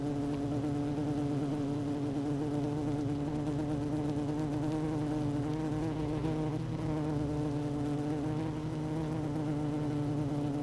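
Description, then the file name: Honey bee colony hum, a steady droning buzz with a strong low tone and stacked overtones that hold evenly throughout, with no other clear sounds. Queen honey bee in hive 1, recorded 12 June 2018 at 16:30. "Hive 1 12 06 2018 Queen Bee H 1"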